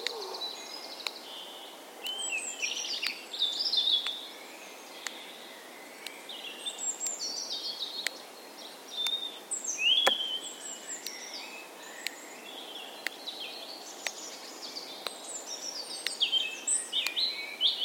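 Birdsong fills an ancient woodland, with many overlapping chirps, trills and bright whistles weaving through steady soft hiss. A sharp ticking click, like a clock, sounds regularly about once each second throughout, cutting through the birds.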